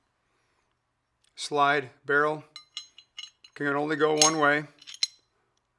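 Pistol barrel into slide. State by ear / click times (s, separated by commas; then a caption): seated / 5.0 s. During pistol reassembly, a barrel is slid back into the slide while someone talks, with several light metallic clicks and clinks between the phrases. A sharp click at 5.0 s marks the barrel clicking into place in the slide, seated and sitting flush.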